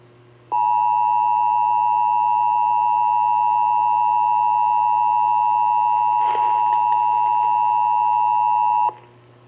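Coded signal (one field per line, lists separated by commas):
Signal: Emergency Alert System (SAME) tones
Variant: 853 and 960 Hz attention tone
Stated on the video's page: Severe thunderstorm warning EAS tones on WBAP-AM for Dallas and Ellis Counties.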